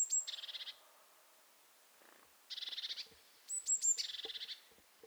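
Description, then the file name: Eurasian blue tit with thin high notes and scolding buzzy rattles in three bursts; a soft low rustle and faint background noise between calls. "Cyanistes caeruleus"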